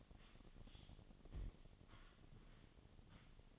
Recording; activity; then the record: daily activity, microphone in the room; sweep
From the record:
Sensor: 4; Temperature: 28.5 degrees Celsius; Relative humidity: 34.1%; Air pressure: 1007.8 hPa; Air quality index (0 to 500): 192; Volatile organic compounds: 6 ppm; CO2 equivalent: 1922 ppm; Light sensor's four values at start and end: 23/73/28/27 and 23/73/28/27